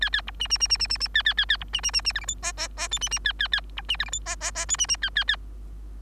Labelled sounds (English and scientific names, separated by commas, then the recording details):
Bengalese Finch (Lonchura striata domestica) song
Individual Bird3